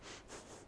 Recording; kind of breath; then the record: one breath in and out by a microphone near the nose and mouth; strong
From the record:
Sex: female